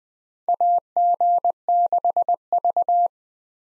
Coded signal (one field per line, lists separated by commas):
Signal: Morse code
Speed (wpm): 20 wpm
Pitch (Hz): 700 Hz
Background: none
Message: AG6V